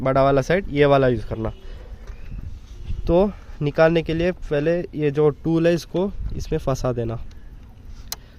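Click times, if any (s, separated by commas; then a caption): 8.1 s. A plastic fuse puller tool is pushed onto a blade fuse in a car fuse box until it grips and is seated. Someone talks through most of the clip, then after a quiet moment a short sharp click is heard at 8.1 s as the puller catches the fuse.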